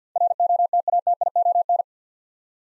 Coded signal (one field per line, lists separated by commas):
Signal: Morse code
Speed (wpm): 47 wpm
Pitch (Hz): 700 Hz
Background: none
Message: ROTATION